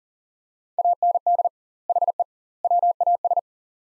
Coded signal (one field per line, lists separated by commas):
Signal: Morse code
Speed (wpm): 40 wpm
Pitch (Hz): 700 Hz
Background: none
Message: AND HE WAS